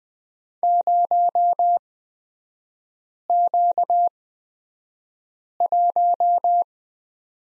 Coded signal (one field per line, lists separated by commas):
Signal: Morse code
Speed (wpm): 20 wpm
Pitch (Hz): 700 Hz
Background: none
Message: 0Q1